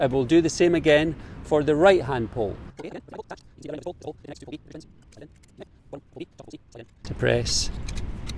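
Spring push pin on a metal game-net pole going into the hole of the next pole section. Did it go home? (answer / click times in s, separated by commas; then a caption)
no / none. Someone talks while handling the right-hand section of a metal game-net pole, pressing its spring push pin to fit it into the hole of the next pole section, with small knocks and scrapes as the parts are moved. The clip ends before the pin snaps in, so nothing has seated or clicked yet.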